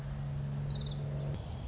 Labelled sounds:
Orange-crowned Warbler
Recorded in Sonoma County, California

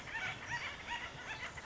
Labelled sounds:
Acorn Woodpecker
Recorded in Sonoma County, California

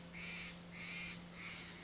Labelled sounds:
Steller's Jay
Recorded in Sonoma County, California

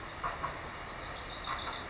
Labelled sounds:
Wilson's Warbler
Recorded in Sonoma County, California

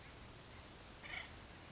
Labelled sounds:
Acorn Woodpecker
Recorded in Sonoma County, California

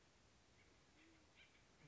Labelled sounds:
Band-tailed Pigeon
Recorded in Sonoma County, California

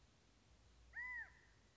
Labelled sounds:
California Quail
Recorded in Sonoma County, California

